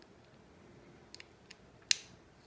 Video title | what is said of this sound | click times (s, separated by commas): Improved? FreeMax Fireluke 2 Mesh Tank | you hear it click into place then you can go ahead and screw it down then you can go ahead and tighten it up because | 1.9 s